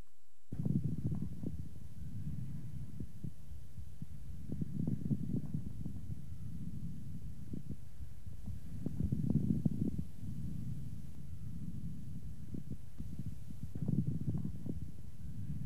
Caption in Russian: Отличающиеся более низкой частотой и меньшим числом одновременно возникающих звуков. При наличии бронхоэктазов, мешковидных выпячиваний бронхиальной трубки, содержащих жидкую мокроту. Влажные, средние и крупнопузырчатые хрипы у пациента с бронхоэктатической болезнью.